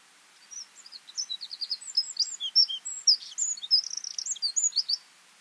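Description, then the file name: Eurasian wren song: a rapid jumble of high, sharp twittering notes lasting several seconds, against a light background hiss. "Troglodytes troglodytes"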